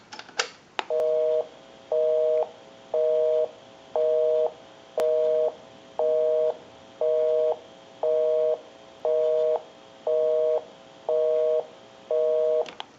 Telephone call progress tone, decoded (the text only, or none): busy tone